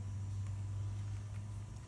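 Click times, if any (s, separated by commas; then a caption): none. A small plastic wheel hex hub adapter is handled at the steering block axle pin of a Traxxas Rustler VXL RC car, over a steady low hum with a faint tick near 0.5 s. Nothing has seated or clicked yet.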